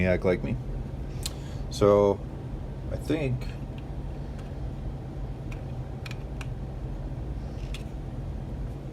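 A 3D-printed base plate is handled against a pistol magazine body, the front lip hooked on first before the back is pressed toward a snap, while someone talks at the start. Light handling taps come at about 1.3, 6.1, 6.4 and 7.7 seconds over a steady low background hum. The plate has not seated or clicked home yet when the clip ends.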